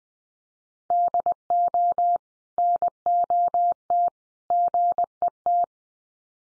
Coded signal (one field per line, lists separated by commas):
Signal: Morse code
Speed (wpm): 20 wpm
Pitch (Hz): 700 Hz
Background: none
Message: DO NOT GET